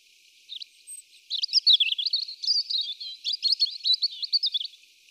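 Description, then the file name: European robin singing a rich, fast warbling phrase of high, tinkling notes that jump rapidly up and down in pitch. "Erithacus rubecula"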